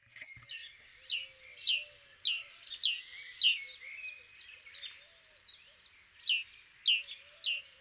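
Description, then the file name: Great tit chirps in a fast, somewhat irregular run of high notes with falling tails, partly overlapping, with a softer stretch midway before louder chirps return. "Parus major"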